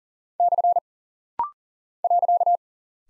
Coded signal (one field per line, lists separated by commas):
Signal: Morse code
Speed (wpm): 40 wpm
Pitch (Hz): 700 Hz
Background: none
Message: / .